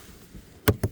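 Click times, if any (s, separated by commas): 0.7 s, 0.8 s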